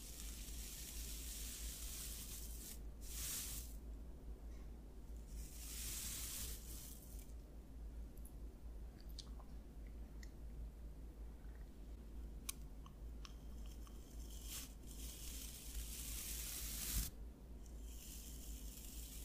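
Scalp massage sounds: soft, scratchy rustles of fingers working through hair come in bursts, with brighter sweeping strokes around 3, 6–7, 15 and 17 seconds. A steady low hum runs underneath throughout, and a few small sharp clicks pop up near 12 and 17 seconds.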